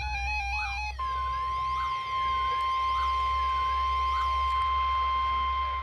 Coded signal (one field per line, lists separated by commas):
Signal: Emergency Alert System (SAME) tones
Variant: 1050 Hz attention tone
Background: music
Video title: High wind warnings (EAS 2325-2326)